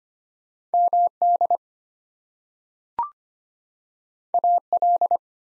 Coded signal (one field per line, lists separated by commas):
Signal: Morse code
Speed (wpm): 25 wpm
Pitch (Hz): 700 Hz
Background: none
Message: MD AL